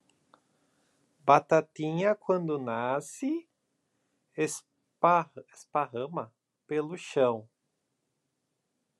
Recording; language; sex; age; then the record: short text; Brazilian Portuguese; male; 20 to 29 years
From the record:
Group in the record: control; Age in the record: 26 years